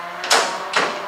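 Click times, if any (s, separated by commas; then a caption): 0.3 s. After an hour of work on the latch, the door of a fiberglass kit car is shut to test whether it catches on the striker. One sharp hit sounds at 0.3 s, followed by a second, similar burst near 0.8 s, and the latch catches just as wanted. A proper latch gives two clicks, safety and secure, but only the single hit at 0.3 s stands out as the latch catching.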